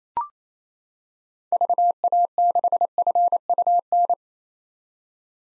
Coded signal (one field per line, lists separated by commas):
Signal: Morse code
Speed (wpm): 28 wpm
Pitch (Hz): 700 Hz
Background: none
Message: VA6FUN